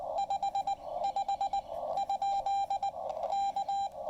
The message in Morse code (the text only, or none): 55 ? K